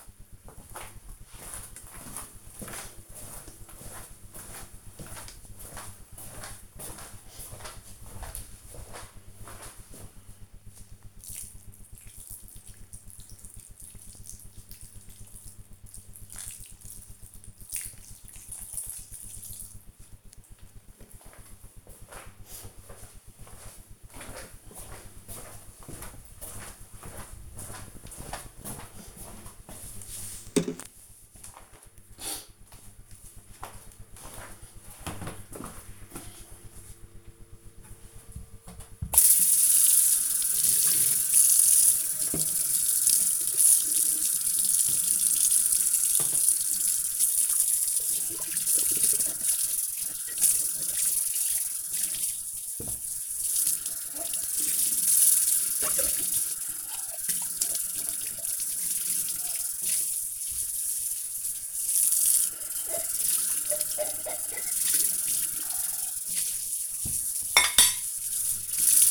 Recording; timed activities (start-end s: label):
household activities, microphone on the right wrist
0.00-20.64 s: watering plant
37.76-69.11 s: washing dishes